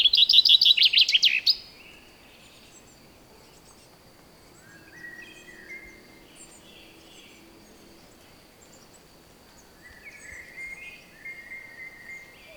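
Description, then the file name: Common chaffinch: a loud burst of rapid high notes at the start, then a long quiet stretch with a few faint whistles. "Fringilla coelebs"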